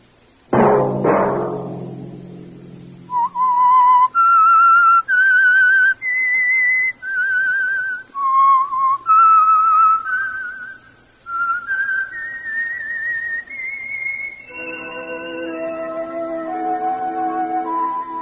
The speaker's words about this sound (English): That whistle be your signal for the Signal Oil program, The Whistler, each Sunday night at this same time.